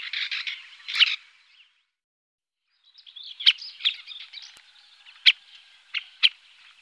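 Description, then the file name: Syrian woodpecker calls, a quick harsh chatter, a pause, then scattered sharp kik notes and softer chatter. "Koshlar tavyshy - Tukran Dendrocopos syriacus"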